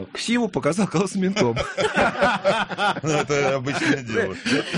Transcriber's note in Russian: Смех